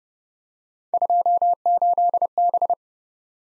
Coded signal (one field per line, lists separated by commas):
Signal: Morse code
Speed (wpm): 29 wpm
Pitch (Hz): 700 Hz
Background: none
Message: 28B